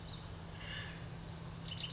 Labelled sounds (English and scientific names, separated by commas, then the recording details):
Acorn Woodpecker (Melanerpes formicivorus)
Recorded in Sonoma County, California